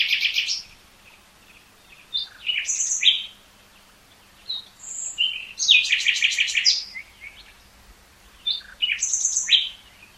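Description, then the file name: Common nightingale song in bursts of rich varied phrases, mixing rapid trills, buzzy notes and clear whistles, separated by pauses of a second or two. "Luscinia megarhynchos"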